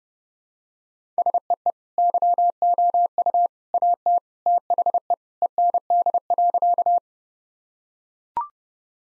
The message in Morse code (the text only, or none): SEE YOU AT THE END.